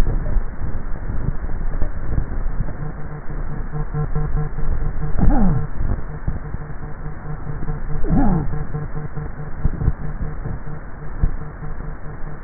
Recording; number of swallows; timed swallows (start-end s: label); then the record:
swallowing sounds by neck microphone; 4
0.26-0.83 s: swallow
2.26-2.83 s: swallow
4.29-4.79 s: swallow
10.06-10.56 s: swallow
From the record:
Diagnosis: dysphagia